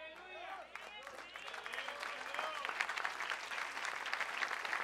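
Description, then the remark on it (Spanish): An audience breaks into applause, dense clapping that starts modestly and swells louder and steadier, with scattered voices calling out over it in the first seconds. “No aplaudan ahora porque la que viene es dura.”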